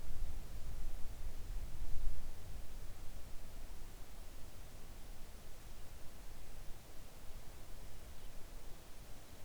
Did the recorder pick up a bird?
no